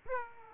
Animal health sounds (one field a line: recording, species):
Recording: mosquito wingbeat signal from an infrared sensor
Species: Aedes aegypti